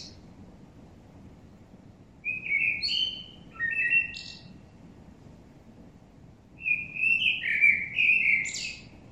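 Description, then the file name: Common blackbird: two bursts of mellow, whistled warbling, each finished with high squeaky chatter, separated by a quiet pause. "Turdus merula"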